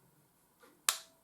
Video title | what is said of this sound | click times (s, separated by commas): GAMO COMPACT UNBOXING REVIEW 27/09/2022 | hear a click. You've actually cocked the trigger sear. | 0.9 s